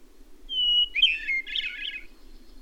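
Bird song: a thin, steady high whistle followed by a quick, warbled, chattering phrase, over a low steady hum.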